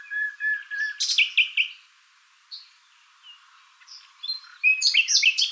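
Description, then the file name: Common nightingale song opening with low whistled notes, then a loud burst of harsh repeated notes, a pause with soft calls, then another vigorous phrase. "Luscinia megarhynchos"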